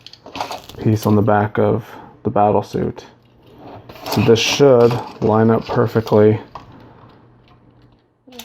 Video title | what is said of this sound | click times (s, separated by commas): Let's Build - LEGO Nexo Knights Lance's Twin Jouster Set #70348 | and they clip right on | 8.4 s